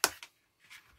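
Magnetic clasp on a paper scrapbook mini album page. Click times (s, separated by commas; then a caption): 0.0 s. A magnetic clasp on a page of a handmade paper scrapbook mini album is brought together and snaps shut with a sharp click at 0.0 s, followed by a softer tap at about 0.2 s. The closure is seated, and faint rustling follows near the end.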